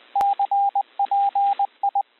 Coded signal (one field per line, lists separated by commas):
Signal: Morse code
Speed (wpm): 20 wpm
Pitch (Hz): 800 Hz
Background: radio noise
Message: CPI